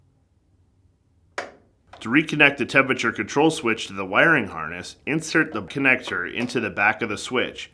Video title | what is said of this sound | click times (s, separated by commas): How to replace Temperature Control Switch part # W11050715 on your Whirlpool Maytag Amana Dryer | panel and rotate the switch a 1/4 turn until the locking tab snaps into place. | 1.4 s